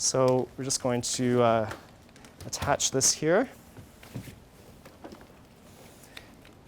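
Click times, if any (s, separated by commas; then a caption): 6.2 s. An accessory is attached onto the plastic hose or wand of a Miele bagless vacuum while someone talks. After the talking, a few faint handling sounds lead to a sharp click at 6.2 s as the accessory seats solidly.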